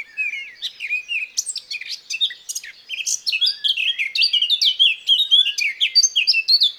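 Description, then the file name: Eurasian blackcap song, a continuous rapid warble mixing scratchy chatter with clear, fluty whistled phrases throughout. "Sylvia atricapilla"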